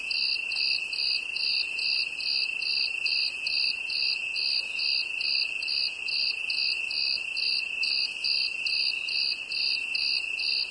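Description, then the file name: Cricket chirping on and on: regular bright pulses over a nonstop high-pitched trill, unchanging in pace. "grillon"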